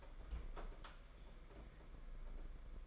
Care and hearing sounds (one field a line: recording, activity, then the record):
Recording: daily activity, microphone in the room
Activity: open fridge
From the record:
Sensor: 5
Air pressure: 992.0 hPa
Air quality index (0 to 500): 201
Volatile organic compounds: 1000 ppm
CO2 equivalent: 5792 ppm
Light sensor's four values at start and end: 30/102/38/40 and 30/101/37/40